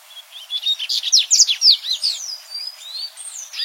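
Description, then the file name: Dubois's seedeater song: a rapid, high twittering run of sharp chirps and slurred notes swelling to a loud peak, then trailing off into softer scattered notes. "Canto do Papa capim de costas cinzas"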